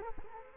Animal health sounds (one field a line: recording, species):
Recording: mosquito wingbeat signal from an infrared sensor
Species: Culex quinquefasciatus